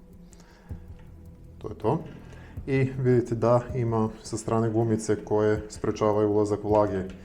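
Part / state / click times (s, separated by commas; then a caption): battery cover into earmuff battery compartment / seated / 0.3 s. The battery cover of a pair of M32 hearing-protection earmuffs, which must be lined up in a specific position before it latches, snaps closed into the battery compartment with a sharp click at 0.3 s. Afterward someone talks over background music, and the cover is seated.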